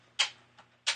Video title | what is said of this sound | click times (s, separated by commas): An ode to infinite sadness and what could have been... I present, the Nerf Rival Vision | left and right as well and it snaps into place pretty good it's actually probably a more sturdy | 0.2 s, 0.9 s